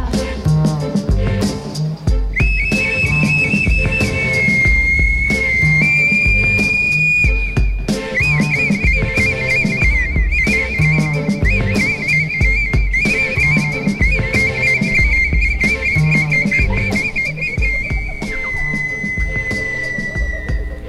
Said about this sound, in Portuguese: Ouvi esse assobiar que anuncia minha chegada. Esse assobia.